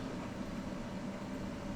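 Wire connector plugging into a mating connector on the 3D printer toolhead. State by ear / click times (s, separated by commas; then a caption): not seated / none. A small plastic pin connector for a wire is held with its latch tab facing up and lined up with the mating connector on a 3D printer toolhead, ready to be pushed in. Only a steady broadband hum with a low tonal band around 200 Hz is heard, with no sudden sounds. Nothing has clicked or latched yet.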